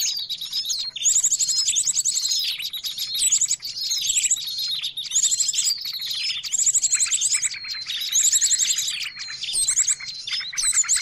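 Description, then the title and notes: Birds in a crowded chorus of shrill chirps and swooping whistles, broken by several rapid high trills. Noisy bird chatter used as a lure (pikat) for catching birds. "Master Burung Ribut. Burung Ribut Pikat"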